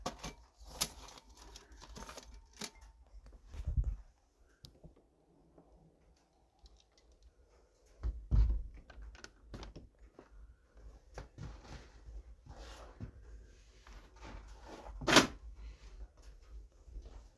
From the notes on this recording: Getting up, coffeebrewing , catmeowing, firestarting, snowwalking, cofeesipping, writing